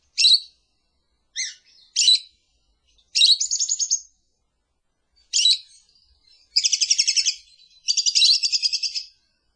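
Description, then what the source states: Lovebird calls: several sharp, high chirps spaced apart, followed by longer rapid buzzy trills that run together toward the end. Lure call used to attract lovebirds.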